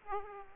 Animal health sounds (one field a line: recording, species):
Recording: mosquito wingbeat signal from an infrared sensor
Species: Aedes aegypti